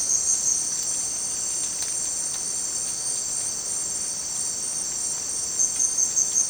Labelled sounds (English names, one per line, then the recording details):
none
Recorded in dense forest near Puerto Asís, Putumayo, Colombia, on 27 June 2025 at 18:00
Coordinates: 0.484, -76.317
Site G045